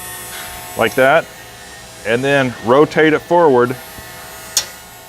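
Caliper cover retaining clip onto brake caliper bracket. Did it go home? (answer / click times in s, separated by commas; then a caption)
yes / 4.6 s. A caliper cover retaining clip has its long leg hooked under the brake caliper bracket and is rotated forward onto it while someone talks over a steady background hum. A single sharp snap at 4.6 s marks the clip seating in place.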